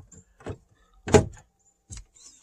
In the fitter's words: snaps back in